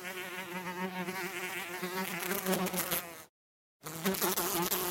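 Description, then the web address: Bee buzzing, a continuous droning hum that wavers slightly in pitch, with a brief silent break near the end. "пчела"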